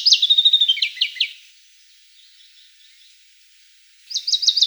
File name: Muholovka malaja vostochnaja